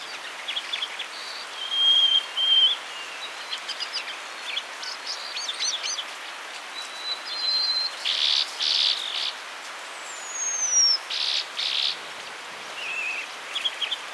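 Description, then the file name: Harris's sparrow giving clear, flat, high whistles, with buzzy bursts and a falling whistled sweep, over steady hiss. "Zonotrichia querula - Harris's Sparrow"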